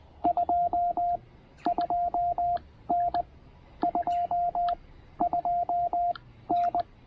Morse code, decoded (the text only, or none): 22N 22N